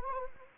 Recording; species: mosquito wingbeat signal from an infrared sensor; Anopheles arabiensis